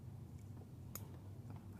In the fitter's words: nice little click and then we uh get our sensor on